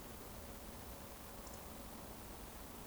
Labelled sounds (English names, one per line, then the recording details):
Eurasian Woodcock whistle
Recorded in Baden-Württemberg, Germany, on 24 June 2020 at 20:31 UTC
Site 14569, 102 m above sea level